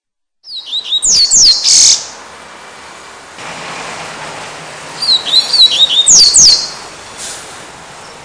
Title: Canto Coleiro